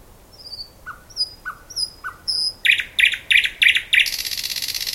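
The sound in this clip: Thrush nightingale song: soft piping whistles, then five loud hard knocking notes in steady rhythm, running into a rasping rattle.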